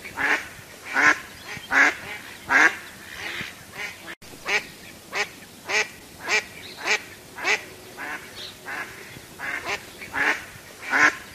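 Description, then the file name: Duck producing a steady stream of nasal, rasping quacks, about one every half second to second, with a momentary break early on. "Tieng vit troi keu"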